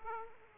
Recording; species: mosquito wingbeat signal from an infrared sensor; Aedes aegypti